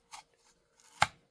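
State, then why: Seated. An interchangeable steel blade is pushed into the handle of a Cold Steel Tim Wells Slock Master knife. A brief rasping scrape near 0.1–0.2 s and a faint slide from about 0.8 s lead into a sharp, loud click at 1.0 s that quickly fades. The blade locks in place and is seated.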